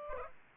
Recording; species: mosquito wingbeat signal from an infrared sensor; Aedes aegypti